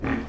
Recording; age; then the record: pig call; growing-finishing pig (85 days or more)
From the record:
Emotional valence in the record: negative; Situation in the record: barren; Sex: female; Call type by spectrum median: low-frequency call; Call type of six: low-frequency stable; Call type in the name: low-frequency stable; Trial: 1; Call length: 0.29 s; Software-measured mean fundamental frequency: 39 Hz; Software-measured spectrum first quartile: 226 Hz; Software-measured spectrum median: 443 Hz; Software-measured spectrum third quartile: 1369 Hz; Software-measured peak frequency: 265 Hz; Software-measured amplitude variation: 134 dB a second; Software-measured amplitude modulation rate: 25.8 a second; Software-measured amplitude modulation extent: 5.2 dB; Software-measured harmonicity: 0.2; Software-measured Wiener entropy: -1.42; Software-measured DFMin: 682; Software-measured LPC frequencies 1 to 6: 1127, 1812, 2372, 3315, 4379, 5223 Hz